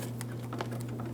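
A forward fuel line quick-connector is handled at the outlet nipple of the fuel pump module on a 2015-2025 Ford Transit-250 3.7L V6, with a locking tab still to be locked. Over a steady low hum, two brief ticks sound at about 0.2 and 0.6 seconds. Nothing has seated or clicked yet.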